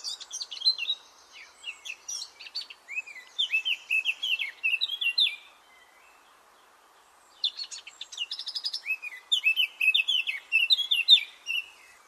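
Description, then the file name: Eurasian blackcap song: rich, varied warbling phrases with fast chattering notes, two bursts separated by a pause of about two seconds. "Sylvia atricapilla"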